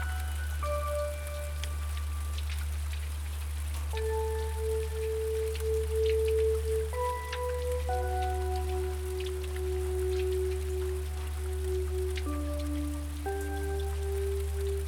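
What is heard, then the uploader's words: Rain falls steadily and close, a dense patter of small drops over a constant low hum. Gentle sustained tones ring through it, single notes changing pitch every second or two and sometimes overlapping, like a softly struck bowl or chime. Rain Falling and a Few Gentle Notes.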